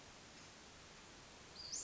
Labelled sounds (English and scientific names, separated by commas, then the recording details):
Western Flycatcher (Empidonax difficilis)
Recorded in Sonoma County, California